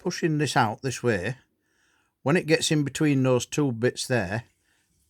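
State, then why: Not seated. Someone talks while turning the gearbox shift mechanism of a first-generation Hayabusa motorcycle by hand, working the shift pawl peg over the chamfered area of the shift drum toward the gap between the two lobes. Two stretches of speech are separated by a quiet pause, with no sharp metal sounds. Nothing has seated or clicked into place yet.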